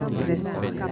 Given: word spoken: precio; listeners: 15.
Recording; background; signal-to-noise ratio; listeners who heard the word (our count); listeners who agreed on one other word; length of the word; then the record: one Spanish word in noise, from a listening test; eight-talker babble; -3.9 dB; 0 of 15; 8 of 15; 0.52 s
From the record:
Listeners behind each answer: 8, 4, 1, 1, 1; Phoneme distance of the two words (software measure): 45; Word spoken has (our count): 2 syllables, 6 phonemes, stress on syllable 1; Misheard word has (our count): 3 syllables, 7 phonemes, stress on syllable 3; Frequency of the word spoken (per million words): 109.90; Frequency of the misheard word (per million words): 45.82